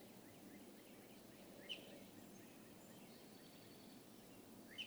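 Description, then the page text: Northern cardinal giving two sharp, bright chip notes about three seconds apart over a steady background hiss. Male leaving his night roost and beginning his day in the morning, in a crabapple tree in a yard in Hatfield, Massachusetts; late April–early May 2018. "Cardinals awaking—13 mornings to explore! For 13 mornings during late April and early May 2018, I recorded how a male northern cardinal left the night roost and began his day"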